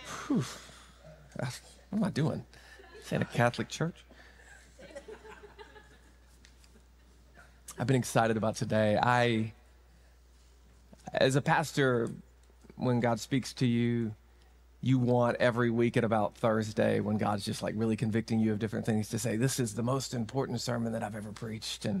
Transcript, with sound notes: What am I doing a Catholic church? [laughter] I've been excited about today. I as a pastor when God speaks to you, you want every week at about Thursday when God's just like really convicting you of different things to say, "This is the most important sermon that I've ever preached.